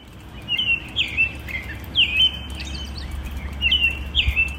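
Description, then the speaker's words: American robin song: clear, whistled caroling phrases in short bursts, over a low background hum. Recorded about 6 a.m. as the sky turned from black to blue, in springtime, outside studios in Interlochen, northern Michigan; single bird singing on the end of a picnic table. "That is an American robin recorded earlier today outside our studios here in Interlochen."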